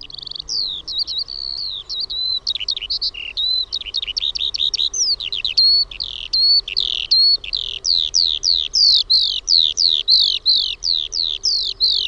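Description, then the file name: Eurasian skylark song, a long flow of high chirps and slurred whistles becoming a steady, rapidly repeated series of downward-swept notes; a faint low hum sits underneath. "KIURU"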